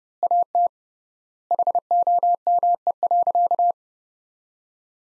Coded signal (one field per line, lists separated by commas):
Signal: Morse code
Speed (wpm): 32 wpm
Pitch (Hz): 700 Hz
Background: none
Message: AT HOME.